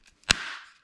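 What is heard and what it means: A plastic shower drain ring with molded locking tabs is pressed into the groove around the rim of a shower drain body. After a couple of faint, soft contacts, a single sharp, loud snap comes at 0.3 s, followed by a bright ringing tail that fades out by about 0.8 s. The tabs lock and the ring is seated in the drain.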